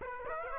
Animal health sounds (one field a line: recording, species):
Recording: mosquito wingbeat signal from an infrared sensor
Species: Aedes aegypti